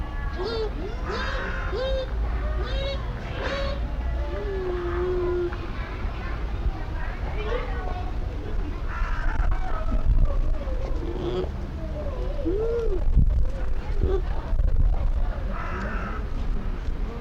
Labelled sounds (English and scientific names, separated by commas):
Bush Dog (Speothos venaticus)